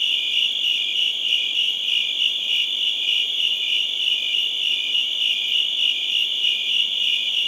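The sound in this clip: Cricket trilling in an unbroken, high, rapidly pulsed drone that barely changes in loudness.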